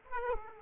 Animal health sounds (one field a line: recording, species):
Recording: mosquito wingbeat signal from an infrared sensor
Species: Aedes aegypti